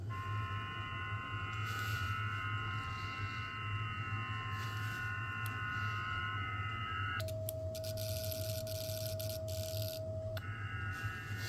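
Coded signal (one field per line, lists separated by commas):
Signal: FT8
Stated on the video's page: FT8 from a Xiegu X6100 with JTDX.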